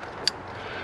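During an alternator change on a Mini One or Cooper (R50/R52, 1.4 or 1.6 litre), a plastic electrical connector is pushed down onto an engine component against a low background hum. A single sharp, bright click sounds at 0.3 s as the connector seats on.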